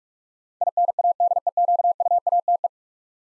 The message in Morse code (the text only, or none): INADEQUATE